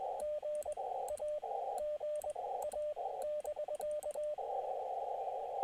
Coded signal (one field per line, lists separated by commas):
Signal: Morse code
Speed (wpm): 21 wpm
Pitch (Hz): 600 Hz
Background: radio noise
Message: GA GA <BK>